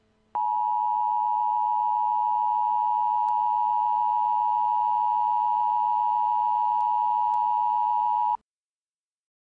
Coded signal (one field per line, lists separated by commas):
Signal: Emergency Alert System (SAME) tones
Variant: 853 and 960 Hz attention tone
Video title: EAS Scenario #52: Mickey Error 9: The Return of Mickey Error: Time Goes Back!